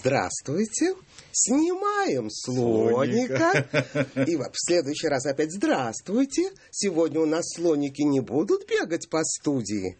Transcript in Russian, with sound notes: «Здравствуйте, снимаем слоника…» (смех) И в следующий раз опять: «Здравствуйте, сегодня у нас слоники не будут бегать по студии?»